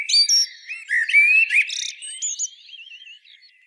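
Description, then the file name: Common blackbird singing a loud, squeaky twittering phrase that fades into a thin, wavering note. "Turdus merula"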